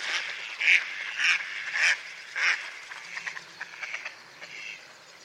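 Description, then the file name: Mallard uttering four loud harsh quacks, then a softer, quicker sequence of short quacking notes trailing off. "magamo"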